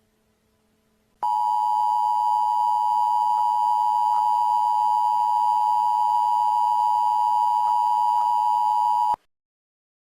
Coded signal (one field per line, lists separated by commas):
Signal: Emergency Alert System (SAME) tones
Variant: 853 and 960 Hz attention tone